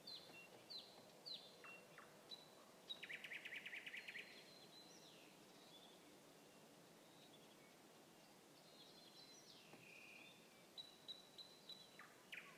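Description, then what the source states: Nightingale singing a varied sequence of sharp whistles and a harsh buzzy rattle, followed by thin high notes and scattered chirps over a low steady hiss. Song recorded 21 May 2016.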